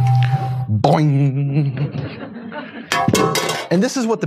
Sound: laughter